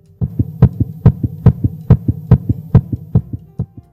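Fast, regular two-part heartbeats, about 140 a minute, each a sharp lub followed by a softer dub over a low steady hum. This is a small child's heart amplified through a 3M Littmann Core digital stethoscope with Eko Core technology, the sound enhanced 40 times at the press of a button.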